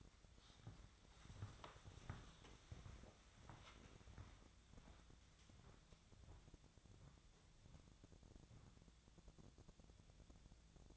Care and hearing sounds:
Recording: daily activity, microphone in the room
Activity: walk to room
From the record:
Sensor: 3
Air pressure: 999.9 hPa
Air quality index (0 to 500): 122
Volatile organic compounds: 2 ppm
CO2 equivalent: 1091 ppm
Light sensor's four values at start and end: 36/88/38/42 and 38/93/41/45

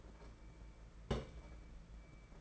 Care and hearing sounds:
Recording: daily activity, microphone in the room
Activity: place on stove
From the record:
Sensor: 5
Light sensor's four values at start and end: 6/14/5/6 and 6/14/5/6

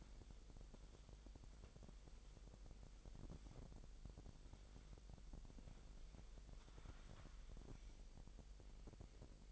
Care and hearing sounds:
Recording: daily activity, microphone in the room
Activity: wipe stove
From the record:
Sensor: 5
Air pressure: 1001.1 hPa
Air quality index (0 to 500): 247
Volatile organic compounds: 34 ppm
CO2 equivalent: 3050 ppm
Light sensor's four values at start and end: 30/70/28/27 and 30/69/28/26

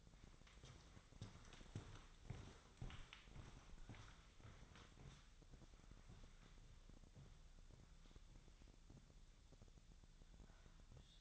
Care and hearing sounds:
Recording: daily activity, microphone in the room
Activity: walk to room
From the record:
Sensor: 3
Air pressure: 999.4 hPa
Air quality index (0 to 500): 196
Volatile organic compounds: 43 ppm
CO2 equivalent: 3196 ppm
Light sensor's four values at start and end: 8/18/7/7 and 8/19/7/7

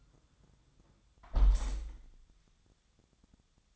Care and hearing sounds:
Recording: daily activity, microphone in the room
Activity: close window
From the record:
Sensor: 3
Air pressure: 1004.6 hPa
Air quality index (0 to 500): 97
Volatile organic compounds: 3 ppm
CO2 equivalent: 1500 ppm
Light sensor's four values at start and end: 7/17/6/6 and 7/16/6/6

